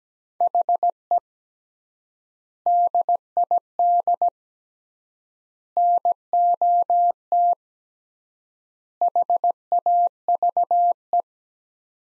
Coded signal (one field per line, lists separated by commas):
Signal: Morse code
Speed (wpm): 17 wpm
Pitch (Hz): 700 Hz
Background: none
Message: HE DID NOT HAVE